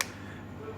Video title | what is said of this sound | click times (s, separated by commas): J7 samsung screen replacement and disassembly | you heard that click sound scone | 0.0 s